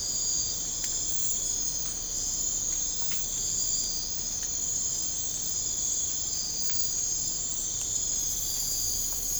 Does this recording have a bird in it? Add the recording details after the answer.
no. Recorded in pastures near Puerto Asís, Putumayo, Colombia, on 20 December 2024 at 03:00. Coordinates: 0.496, -76.326. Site G004